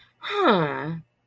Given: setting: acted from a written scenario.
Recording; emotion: vocal sound without words; interest